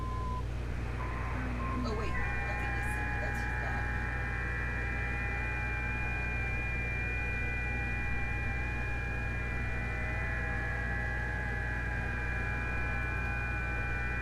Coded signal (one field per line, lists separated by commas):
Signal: FT8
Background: speech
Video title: 🔴Breaking News, Weather Alerts, Scanners & Viewer Chat | StarShip Adventures | Riots Tornados & War